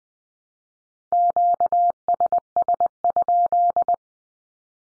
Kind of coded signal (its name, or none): Morse code